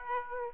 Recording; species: mosquito wingbeat signal from an infrared sensor; Aedes aegypti